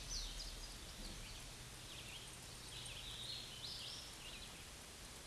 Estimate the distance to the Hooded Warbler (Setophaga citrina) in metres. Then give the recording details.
about 55 m. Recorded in a Pennsylvania forest on 18 May 2023 at 13:56. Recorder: AudioMoth, point grid1_40_low. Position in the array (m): 154 m, 158 m